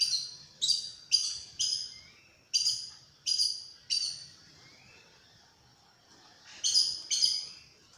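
Aracari calls: sharp, high, squeaky notes in quick bursts of two to four, each fading quickly, with a pause midway before a final pair.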